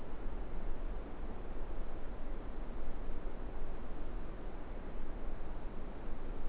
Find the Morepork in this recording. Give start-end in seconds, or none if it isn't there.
none